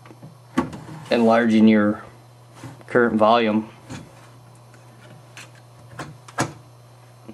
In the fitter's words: you can kind of feel it click pretty good and you just press that down and so